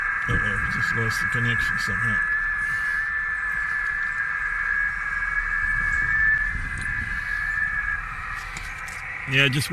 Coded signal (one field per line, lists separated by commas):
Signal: FT8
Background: speech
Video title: Amateur Radio 2 METER SSB /CW SCORPION ll CUBEX QUAD Antenna New 2022